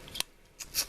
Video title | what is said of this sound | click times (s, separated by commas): Jurassic Park Toys (JP Series 2) - Humans & Hatchlings Review | you hear a little click when it's in | 0.2 s